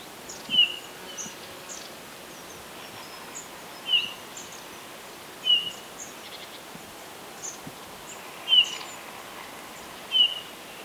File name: Pyrrhula pyrrhula